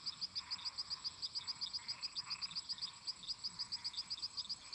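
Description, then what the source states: Frogs and toads: frogs calling in chorus: a rapid, high clicking note repeated about four times a second over a steady, dense hum of many other calling frogs. Many toads and frogs calling together in a marsh.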